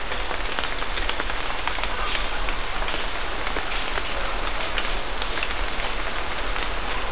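Bird with a very high, shimmering twitter, loudest in the middle, over steady background hiss and low rumble.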